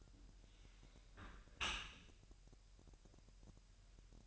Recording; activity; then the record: daily activity, microphone in the room; close dishwasher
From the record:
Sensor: 2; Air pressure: 1000.3 hPa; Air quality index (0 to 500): 245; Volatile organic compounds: 89 ppm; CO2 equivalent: 3677 ppm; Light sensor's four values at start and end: 9/21/8/8 and 9/21/8/8